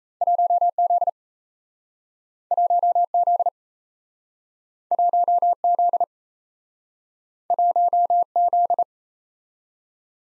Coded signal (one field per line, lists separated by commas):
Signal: Morse code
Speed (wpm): 37 wpm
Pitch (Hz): 700 Hz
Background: none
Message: 1Z 1Z 1Z 1Z